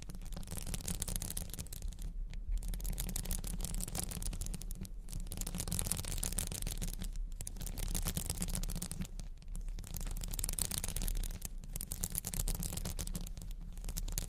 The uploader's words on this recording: Diamonds Sounds (Crystals, Beads, Ice, jewels, tapping, scratching).